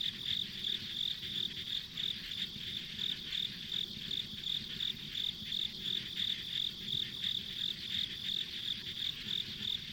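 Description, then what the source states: Insects chirping in even pulses, nearly three per second, with a persistent high drone and light low background noise. Ambient insect sounds recorded on a country road.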